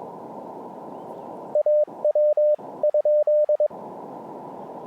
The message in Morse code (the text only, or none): AW ?